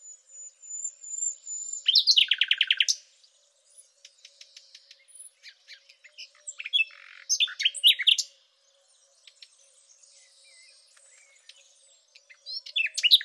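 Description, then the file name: Thrush nightingale singing a thin whistle into a loud rapid rattle, then soft ticking notes, varied chirping phrases and a fresh burst at the end. "rossignol philomele"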